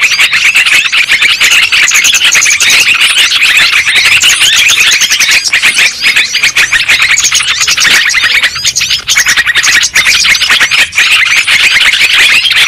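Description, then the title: Lovebirds chattering, a dense, continuous stream of shrill, squeaky, overlapping calls from many birds with no pauses throughout. Lure sound for trapping lovebirds. "PIKAT BURUNG LOVEBIRD"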